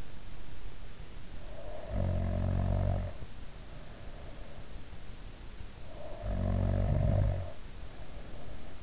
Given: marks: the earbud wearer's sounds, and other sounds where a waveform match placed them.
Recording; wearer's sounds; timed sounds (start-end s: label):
sounds in sleep by an in-ear microphone; snoring breath
1.22-4.54 s: snoring breath
5.74-8.82 s: snoring breath